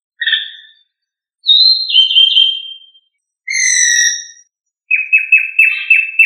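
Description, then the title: Thrush song: varied whistled phrases, some sliding down, separated by short pauses, ending in a rapid trill; no other sounds. "Familia Turdidae - Sabia"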